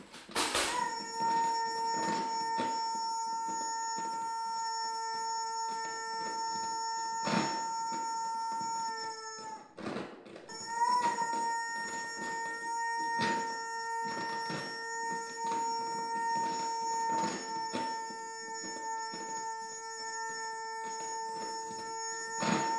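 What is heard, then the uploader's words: An improvisation on a tabletop of junk: a steady metallic ringing tone hums throughout, briefly cutting out near the ten-second mark before returning. Over it, frequent dry taps, clicks and rattles scatter irregularly. Tabletop improv with contact mic. Improvisation using a table top full of junk and a contact mic in my music room in Patea.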